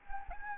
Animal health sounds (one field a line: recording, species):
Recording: mosquito wingbeat signal from an infrared sensor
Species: Anopheles gambiae